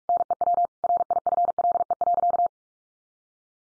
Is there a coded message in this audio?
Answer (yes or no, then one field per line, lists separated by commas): yes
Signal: Morse code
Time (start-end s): 0.1-2.5 s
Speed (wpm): 44 wpm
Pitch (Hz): 700 Hz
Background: none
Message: NEW RIFLE.